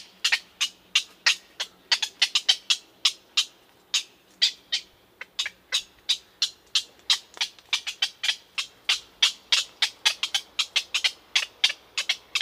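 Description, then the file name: Black-crowned night heron producing a fast, irregular string of sharp, dry clicking notes, about three a second, with brief pauses and clusters throughout. "Black-crowned Night-heron - Nycticorax nycticorax"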